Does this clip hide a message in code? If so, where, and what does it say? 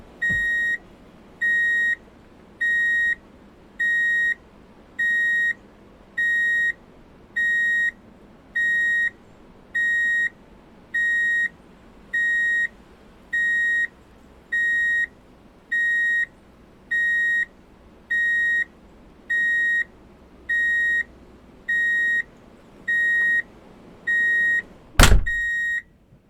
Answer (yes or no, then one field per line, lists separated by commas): no